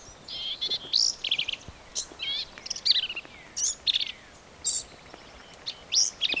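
Black-capped vireo with a busy run of harsh, buzzy high phrases mixed with sharp chips, coming in quick succession with brief pauses between bursts.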